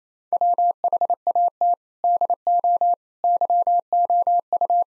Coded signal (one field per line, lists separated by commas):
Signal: Morse code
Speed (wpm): 28 wpm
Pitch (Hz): 700 Hz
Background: none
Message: WHAT DO YOU